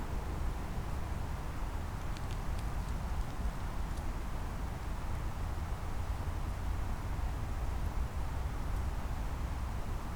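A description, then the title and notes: Rain on a night in Schönbuch makes a steady, dense hiss over a heavy low rumble that holds unchanged throughout. A few faint high ticks, like drips, break through around two to four seconds and again near the ninth. Some highlights of a rainy night in Schönbuch, BaWü, DE.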